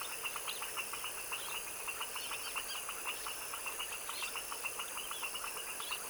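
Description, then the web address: Frog chorus: rapid pulsed clicks from numerous callers overlapping constantly, with a faint high whine in the background. Tropical wetland swamp in the evening at dusk; chorus of foaming frogs. "Sonniss - GDC 2017-Game Audio Bundle Articulated Sounds - Tropical Ambiences TROPICAL Wetland swamp evening foaming frog dusk chorus"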